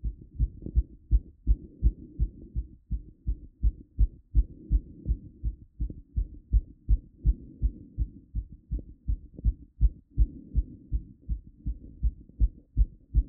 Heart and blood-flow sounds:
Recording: heart sounds by stethoscope after running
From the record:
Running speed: 5 mph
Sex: female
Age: 18 to 19 years

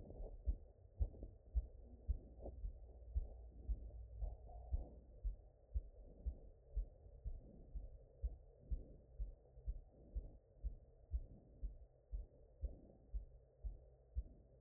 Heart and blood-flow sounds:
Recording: heart sounds by stethoscope after running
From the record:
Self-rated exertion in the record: moderate exertion (3 of 6)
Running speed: 8 mph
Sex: male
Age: 23 years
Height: 172 cm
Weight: 73 kg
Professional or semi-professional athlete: no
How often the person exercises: 3 to 5 times a week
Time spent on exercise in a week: over 5 hours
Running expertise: yes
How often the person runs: 3 to 5 times a week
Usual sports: running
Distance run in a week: 40 km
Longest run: 20 km

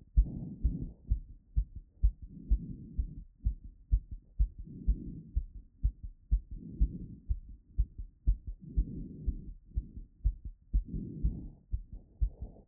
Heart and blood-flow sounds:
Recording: heart sounds by stethoscope after running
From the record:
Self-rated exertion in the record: light exertion (2 of 6)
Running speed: 5 mph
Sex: female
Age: 18 years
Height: 167 cm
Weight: 50 kg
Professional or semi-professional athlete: no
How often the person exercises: 1 to 2 times a week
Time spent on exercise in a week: 1 to 2 hours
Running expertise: no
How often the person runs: 1 to 2 times a week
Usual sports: running, walking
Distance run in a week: 1 to 2 km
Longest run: 6 km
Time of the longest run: 34 minutes

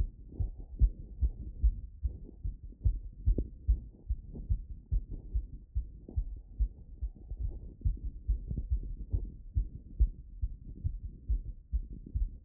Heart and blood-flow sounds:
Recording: heart sounds by stethoscope after running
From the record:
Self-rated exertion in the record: vigorous exertion (4 of 6)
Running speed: 10 mph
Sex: male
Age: 27 years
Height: 188 cm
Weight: 79 kg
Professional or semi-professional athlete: no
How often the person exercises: 3 to 5 times a week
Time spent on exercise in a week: 3 to 4 hours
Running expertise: yes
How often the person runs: 1 to 2 times a week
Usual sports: running, tennis, rock climbing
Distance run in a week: 10 km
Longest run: 42 km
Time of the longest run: 220 minutes

